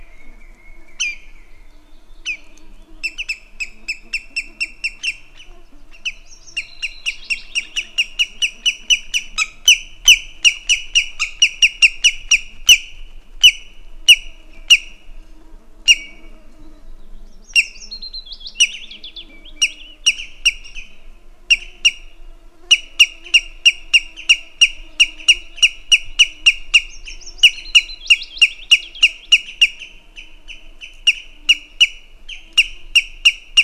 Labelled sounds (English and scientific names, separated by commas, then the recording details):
Common Greenshank (Tringa nebularia) call
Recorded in the wild
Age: adult
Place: Halbinsel Kindo, Karelien, RU
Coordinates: 66.5472, 33.0414
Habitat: upland moor
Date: 1994-06-23 18:02
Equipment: Sony TCD-D3, Sennheiser ME 80, K 30 AV (I), Windschutz
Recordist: Frommolt, Karl-Heinz